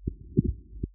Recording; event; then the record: neck accelerometer signal played as sound; voluntary cough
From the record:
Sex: male